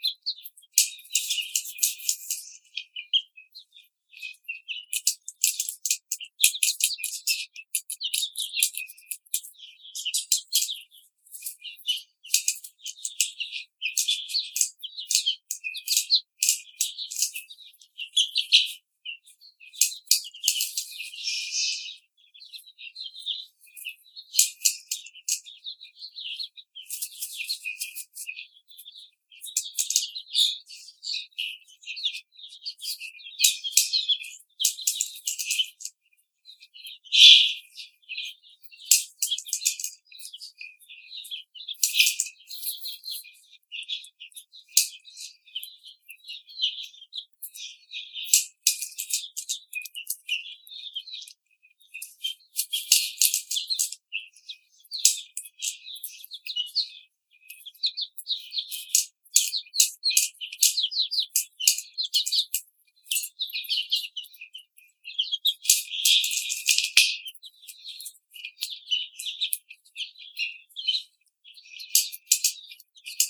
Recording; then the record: young laying hens in a cage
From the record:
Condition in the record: treatment cage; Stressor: simulated dog barking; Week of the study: 5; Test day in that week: 1